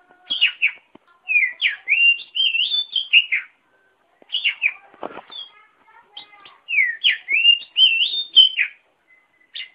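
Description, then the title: Oriental magpie-robin song of repeated rising-and-falling whistled phrases, interrupted midway by a brief low rustling noise. "Kacer"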